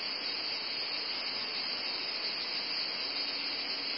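Cicadas buzzing in a steady, high-pitched, unbroken drone that holds the same level for the whole four seconds, with no other sounds heard.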